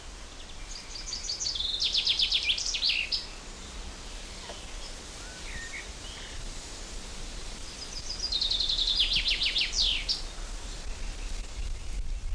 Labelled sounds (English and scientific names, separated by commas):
Common Chaffinch (Fringilla coelebs)